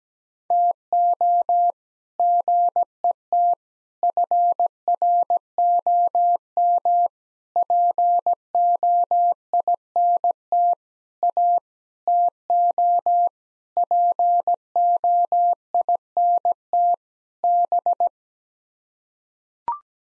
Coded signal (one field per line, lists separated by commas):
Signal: Morse code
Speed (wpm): 17 wpm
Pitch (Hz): 700 Hz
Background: none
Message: TO GET FROM POINT A TO POINT B